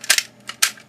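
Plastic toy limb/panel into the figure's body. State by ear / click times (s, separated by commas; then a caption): seated / 0.6 s. A plastic toy limb or panel is pushed into the body of a plastic robot-dinosaur figure during transformation. Two quick plastic clicks at 0.1 and 0.2 seconds come before a sharp, loud snap at 0.6 seconds, when the part seats firmly into place.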